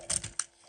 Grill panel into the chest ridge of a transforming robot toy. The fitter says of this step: And it just kind of locks he locks in place pretty well.